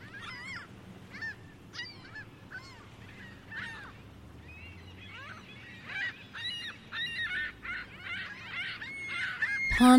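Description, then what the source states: Gulls calling in a flock: sharp cries, sparse at first and then denser and overlapping, ending in a loud bump. Several gulls on a busy beach on Lake Ontario.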